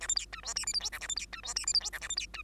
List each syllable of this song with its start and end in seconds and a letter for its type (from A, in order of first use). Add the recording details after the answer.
0.00-0.07 A, 0.08-0.15 B, 0.15-0.26 C, 0.32-0.41 D, 0.43-0.54 E, 0.55-0.65 F, 0.66-0.73 G, 0.73-0.80 H, 0.80-0.90 I, 0.92-0.99 J, 1.00-1.08 A, 1.08-1.15 B, 1.16-1.26 C, 1.32-1.41 D, 1.43-1.54 E, 1.55-1.65 F, 1.66-1.73 G, 1.74-1.80 H, 1.80-1.90 I, 1.92-2.00 J, 2.01-2.08 A, 2.09-2.16 B, 2.17-2.26 C, 2.33-2.42 D. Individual Bird2